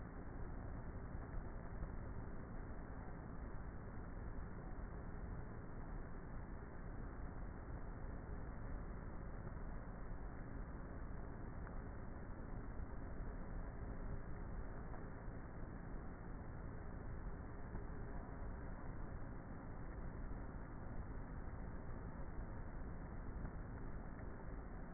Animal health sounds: honeybee colony, microphone inside the hive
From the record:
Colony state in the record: queenless with a low population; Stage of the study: before two queens were removed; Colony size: about 30,000 bees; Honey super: no

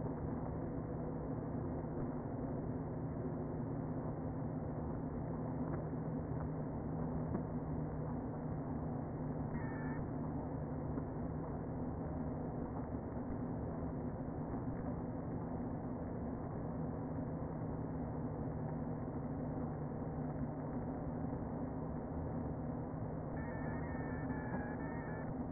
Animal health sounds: honeybee colony, microphone inside the hive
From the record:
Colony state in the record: queen present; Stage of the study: before two queens were removed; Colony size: about 60,000 bees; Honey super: yes

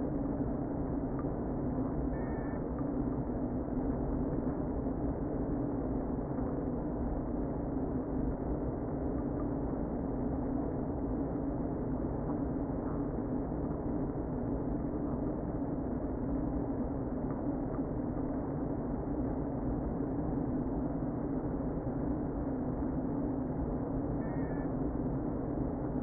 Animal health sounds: honeybee colony, microphone inside the hive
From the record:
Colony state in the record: queen present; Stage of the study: before two queens were removed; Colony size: about 60,000 bees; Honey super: yes

